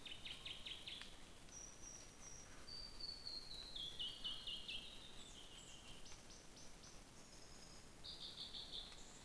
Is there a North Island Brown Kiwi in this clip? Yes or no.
no